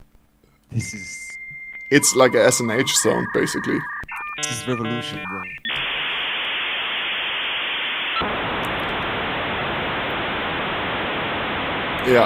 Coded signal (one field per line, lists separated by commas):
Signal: dial-up modem handshake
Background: speech